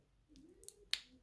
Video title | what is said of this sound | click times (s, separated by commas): QUICK & EASY - How To Remove Watch Links | Push it in and you'll hear a click. I heard that make a definitive click. | 0.9 s